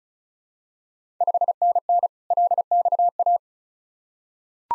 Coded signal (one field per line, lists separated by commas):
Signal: Morse code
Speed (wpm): 36 wpm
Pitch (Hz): 700 Hz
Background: none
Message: 5NN LXA